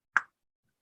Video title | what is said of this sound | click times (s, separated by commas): The New Axe Crossbow by Feradyne | if you turn it the right way and you push it, it should click. You should actually hear an audible | 0.2 s